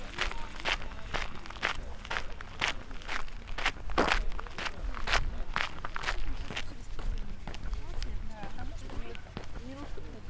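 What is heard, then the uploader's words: A walk through a park on the way into the city, with footsteps crunching steadily on gravel, roughly two steps a second, for the whole clip. Voices murmur, and a low rumble of traffic sits underneath. Out of the Woods, Into the City. A walk from the top of Tivoli Park to Prešernova Cesta in Ljubljana, Slovenia.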